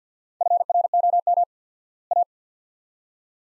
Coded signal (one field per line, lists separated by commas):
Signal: Morse code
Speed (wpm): 50 wpm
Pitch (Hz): 700 Hz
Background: none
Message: FROM A